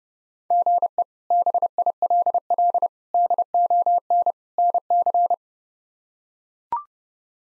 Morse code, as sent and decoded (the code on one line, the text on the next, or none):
--. . / -... .. .-.. .-.. / -.. --- -. / -. -.-.
GE BILL DON NC